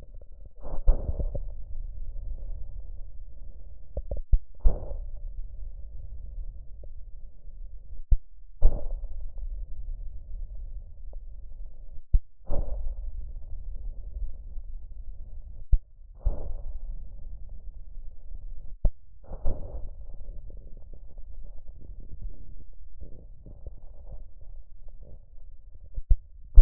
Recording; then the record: lung sounds by stethoscope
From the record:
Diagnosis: chronic bronchitis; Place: left posterior upper chest